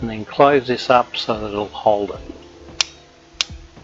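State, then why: Seated. Someone talks while a Dupont connector terminal is set in a ratcheting crimp tool with its little arms hooked on the edge of the die. The handles are then squeezed and the ratchet gives two sharp clicks at 2.8 and 3.4 seconds. The clicks leave the metal terminal held in place, ready for the crimp.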